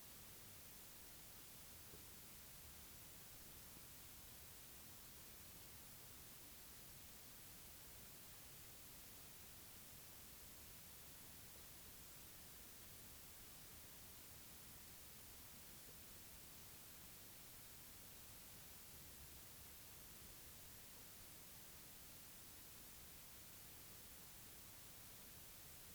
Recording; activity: daily activity, guitar pickup as the sensor; drink water